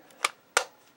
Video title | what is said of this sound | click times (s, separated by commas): G-Force Battle of the Planets New God Phoenix Gatchaman II w/LED Lights Scale Model Kit Review Build | that locks into place. | 0.2 s, 0.6 s